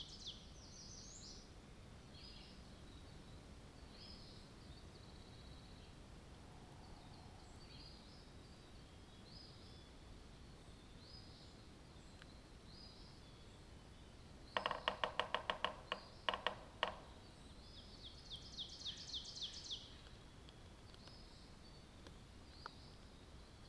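A spring night soundscape: faint repeating bird or insect calls over a steady low hiss, with a burst of sharp rapid clicks around fifteen seconds.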